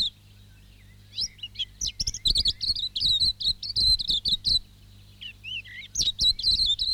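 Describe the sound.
Silvereye song: a rapid high warbled phrase with chattering notes, a short pause, then another brief twittering burst.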